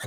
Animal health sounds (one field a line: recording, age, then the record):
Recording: pig call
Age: piglet (1 to 25 days)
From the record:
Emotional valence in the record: negative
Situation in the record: long isolation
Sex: female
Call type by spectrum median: low-frequency call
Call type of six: high-frequency stable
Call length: 0.07 s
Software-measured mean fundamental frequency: 192 Hz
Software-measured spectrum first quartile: 223 Hz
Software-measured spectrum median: 1317 Hz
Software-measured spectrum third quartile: 3864 Hz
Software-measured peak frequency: 118 Hz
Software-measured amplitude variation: 32 dB a second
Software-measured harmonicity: 1.0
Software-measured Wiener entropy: -2.40